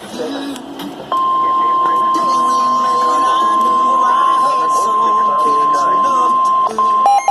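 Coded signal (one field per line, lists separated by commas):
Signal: Emergency Alert System (SAME) tones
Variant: 1050 Hz attention tone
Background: speech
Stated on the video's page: Real severe weather alerts recorded off FM radio stations on a severe weather risk day, not from weather radio.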